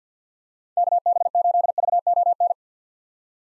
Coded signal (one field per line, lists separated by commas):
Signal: Morse code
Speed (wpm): 50 wpm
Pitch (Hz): 700 Hz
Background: none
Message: KB8VON